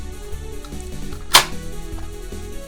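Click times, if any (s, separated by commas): 1.3 s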